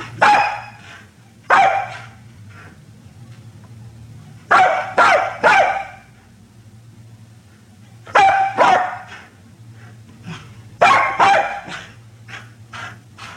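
Small dog barking in short bursts of one to three sharp yaps, pausing a few seconds between bursts, with a low hum underneath.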